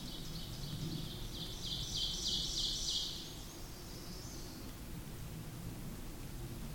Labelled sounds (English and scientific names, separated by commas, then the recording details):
Ovenbird (Seiurus aurocapilla) song
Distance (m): 50 m
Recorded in boreal forest in Alberta, Canada, on 8 June 2016 at 08:50
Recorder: SongMeter 3, array SBT-3-9
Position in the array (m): 165 m, 150 m
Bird 35